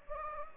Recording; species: mosquito wingbeat signal from an infrared sensor; Anopheles gambiae